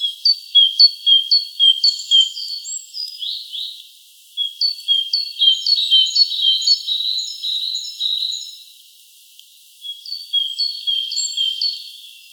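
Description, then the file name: Great tit repeating a bright two-note phrase about twice a second, with other small birds twittering in the background. "Parus major"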